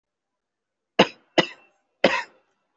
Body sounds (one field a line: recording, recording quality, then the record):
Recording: shallow voluntary cough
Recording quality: excellent, no background noise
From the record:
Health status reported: respiratory illness, not identified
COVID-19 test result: negative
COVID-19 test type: RT-PCR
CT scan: taken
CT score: 0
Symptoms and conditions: another respiratory illness, another condition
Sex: male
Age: 20 years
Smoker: no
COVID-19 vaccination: one dose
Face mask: worn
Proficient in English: yes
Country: India